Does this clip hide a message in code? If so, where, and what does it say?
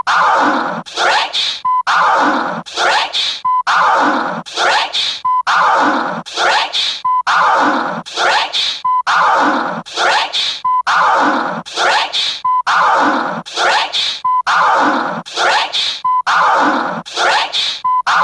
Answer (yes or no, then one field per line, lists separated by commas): no